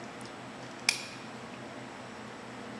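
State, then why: Seated. A steel square-head knuckle pin is lined up with the square and the opposite bore of a model locomotive side rod joint, then pressed in. A single sharp metallic click at 0.9 s cuts through quiet background noise and fades quickly. The pin snaps into the rod and is seated.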